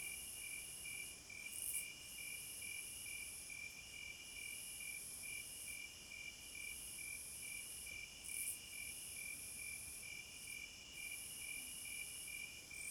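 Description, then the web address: Crickets chirping in a steady high trill, with rapid pulsed chirps over a constant shrill background chorus. Crickets at midnight. "Sleep Sounds of Nature CRICKETS"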